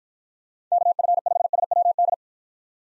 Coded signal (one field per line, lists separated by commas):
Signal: Morse code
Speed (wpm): 53 wpm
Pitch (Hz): 700 Hz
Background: none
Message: KF5SWD